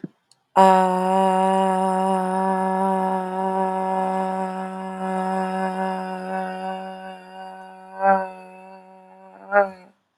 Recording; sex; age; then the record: vowel held as long as possible; female; 30 to 39 years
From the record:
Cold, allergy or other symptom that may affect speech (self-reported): no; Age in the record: 31 years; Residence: Tennessee, United States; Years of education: 12